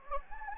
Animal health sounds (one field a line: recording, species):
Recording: mosquito wingbeat signal from an infrared sensor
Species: Anopheles gambiae